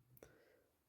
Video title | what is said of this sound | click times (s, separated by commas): Subhana Arms .12 Bore Single Barrel Shot Gun. Working Mechanism & Ejector Restoration | ये यहां lock हो गया। 1 एमएम की भी इसमें गुंजाइश नहीं है, फर्क नहीं है। | 0.2 s